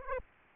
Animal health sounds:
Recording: mosquito wingbeat signal from an infrared sensor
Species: Aedes aegypti

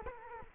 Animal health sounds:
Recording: mosquito wingbeat signal from an infrared sensor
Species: Culex quinquefasciatus

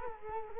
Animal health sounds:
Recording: mosquito wingbeat signal from an infrared sensor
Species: Culex quinquefasciatus

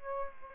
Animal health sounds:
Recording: mosquito wingbeat signal from an infrared sensor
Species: Aedes aegypti

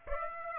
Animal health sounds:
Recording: mosquito wingbeat signal from an infrared sensor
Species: Aedes aegypti

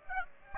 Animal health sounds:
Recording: mosquito wingbeat signal from an infrared sensor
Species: Aedes aegypti

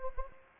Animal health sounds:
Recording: mosquito wingbeat signal from an infrared sensor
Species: Anopheles gambiae

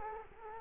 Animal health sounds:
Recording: mosquito wingbeat signal from an infrared sensor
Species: Culex quinquefasciatus

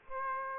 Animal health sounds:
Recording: mosquito wingbeat signal from an infrared sensor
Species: Aedes aegypti

